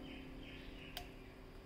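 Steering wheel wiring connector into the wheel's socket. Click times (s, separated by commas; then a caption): 1.0 s. A wiring connector for the steering wheel controls on a Polo GT is pushed straight onto its pins, so they don't bend, and seated into the wheel's socket. A steady low background hum runs throughout, and a single sharp click at 1.0 s marks the connector seating in place.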